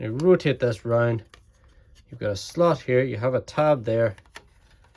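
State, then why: Seated. A plastic part of a transforming toy figure is rotated round so its tab goes into a slot while someone talks. A short click at 4.4 s marks the tab locking into place, followed by a couple of faint handling taps.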